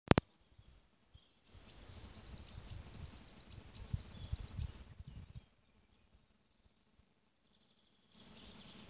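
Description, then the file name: Eurasian blue tit giving high, thin notes followed by a lower buzzy trill, a run of about four seconds, then silence before another burst begins near the end. "Cyanistes caeruleus"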